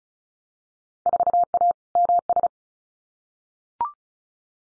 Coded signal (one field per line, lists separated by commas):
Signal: Morse code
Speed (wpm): 36 wpm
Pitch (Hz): 700 Hz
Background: none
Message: 4A MS